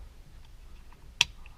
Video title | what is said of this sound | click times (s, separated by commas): Supra Hardtop Cherry Poppin & SCT Indy Prep | thing will click in like this lock it in and | 1.2 s